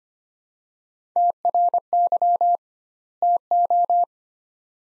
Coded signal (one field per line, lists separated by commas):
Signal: Morse code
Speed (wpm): 25 wpm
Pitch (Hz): 700 Hz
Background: none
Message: TRY TO